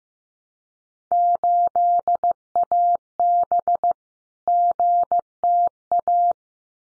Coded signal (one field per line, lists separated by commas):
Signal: Morse code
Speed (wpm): 15 wpm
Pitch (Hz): 700 Hz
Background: none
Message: 8AB GTA